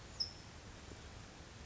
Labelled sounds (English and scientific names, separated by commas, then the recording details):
California Towhee (Melozone crissalis)
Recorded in Sonoma County, California